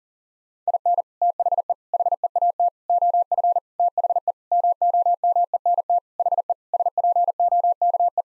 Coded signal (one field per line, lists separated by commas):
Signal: Morse code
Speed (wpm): 37 wpm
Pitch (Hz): 700 Hz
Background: none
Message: IN THE HEAT OF THE MOMENT HE SPOKE